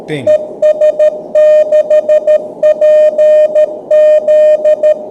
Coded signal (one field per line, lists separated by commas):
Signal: Morse code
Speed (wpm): 13 wpm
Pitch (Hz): 610 Hz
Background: speech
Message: ES6PZ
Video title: Morse Runner 1